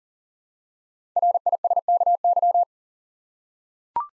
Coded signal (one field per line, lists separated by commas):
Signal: Morse code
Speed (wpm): 40 wpm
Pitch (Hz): 700 Hz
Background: none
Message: RISKY